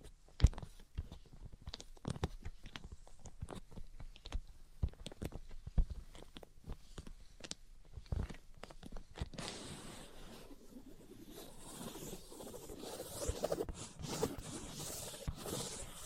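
Sharp, irregular taps and scratches fill the first nine seconds, then give way to a denser, brighter, continuous rubbing and tracing sound.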